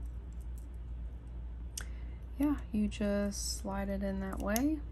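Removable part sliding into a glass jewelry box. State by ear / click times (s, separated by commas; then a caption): not seated / none. A loose part of a vintage molded-glass jewelry box is handled and slid toward its place, with a few light handling ticks, including a sharp one near 1.8 seconds, while someone talks. Nothing has seated or clicked yet.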